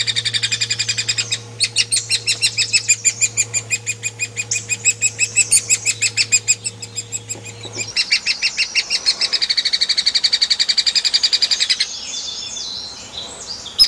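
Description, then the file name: Hairy woodpecker delivering long, rapid runs of sharp, high notes with a short break between them, over a low hum in the first half. "platuk hairy untuk kacer murai cucak hijau"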